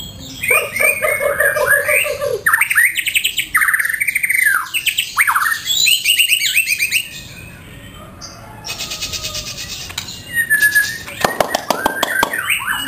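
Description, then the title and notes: White-rumped shama song, a varied run of rich harmonic whistles, sharp upswept notes and buzzy rattling phrases, shifting every second or two with brief quiet gaps. Used as a tutor to train caged birds (masteran). "Suara Kicau Burung Murai Batu. burung murai buat masteran"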